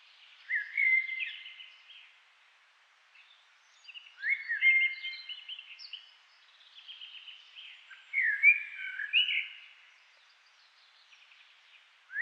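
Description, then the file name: Common blackbird singing: rich fluted phrases followed by squeaky twittering endings, four or five phrases separated by short pauses in a quiet background. "Turdus merula"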